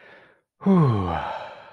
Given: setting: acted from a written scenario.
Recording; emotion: vocal sound without words; contentment